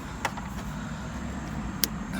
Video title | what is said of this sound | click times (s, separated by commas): How To Remove and Replace Fuel Pump on Honda Element or Any Honda EASY! | now that's installed you heard that click let's | 1.8 s